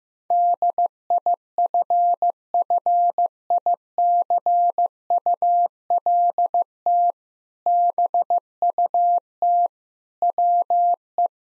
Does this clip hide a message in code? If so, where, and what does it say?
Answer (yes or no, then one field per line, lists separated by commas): yes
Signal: Morse code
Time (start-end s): 0.3-11.3 s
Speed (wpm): 15 wpm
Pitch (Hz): 700 Hz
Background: none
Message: DIFFICULT BUT WE